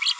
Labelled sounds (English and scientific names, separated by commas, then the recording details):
Green-rumped Parrotlet (Forpus passerinus) babbling
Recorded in a nest box in Venezuela
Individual 18B25A4